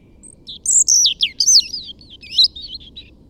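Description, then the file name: European robin song, a rapid jumble of sweet, high, tumbling notes and thin slurred whistles, rising and falling in quick succession over a few seconds. "Erithacus rubecula"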